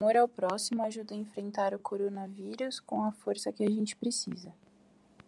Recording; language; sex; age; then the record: spoken sentence; Brazilian Portuguese; female; 20 to 29 years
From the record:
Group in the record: control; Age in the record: 24 years